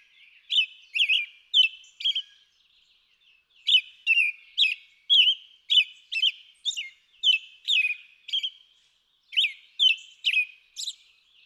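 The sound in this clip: American robin singing a steady caroling stream of whistled, warbled phrases, roughly two per second, broken by two short pauses before resuming.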